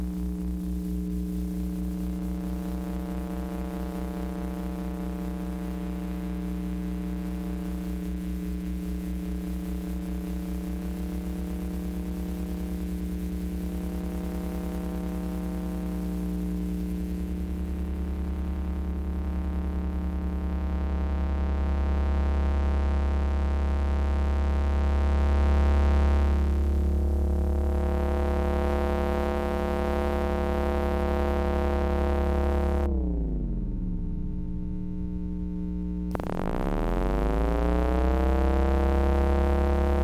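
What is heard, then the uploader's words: Electromagnetic hum from household electronics: steady low buzzing tones stacked upward, a deep throb swelling midway, then a sudden cutout and restart near thirty-five seconds. Electromagnetic Listening. Using the Electrosluch Mini City from LOM (link below) I went around the house just recording things. Other than playing with the stereo effect of the device there has been no edits or additional processing to the recording. Humidifier Laptop Cell Phone Digital Recorder VHS Player Flatscreen TV (LCD) Window Fan Cordless Telephone Carbon Monoxide Detector.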